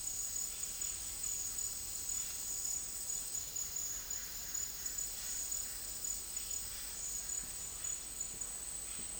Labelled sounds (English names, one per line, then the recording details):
none
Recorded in dense forest near Puerto Asís, Putumayo, Colombia, on 13 March 2025 at 11:30
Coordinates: 0.503, -76.323
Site GP09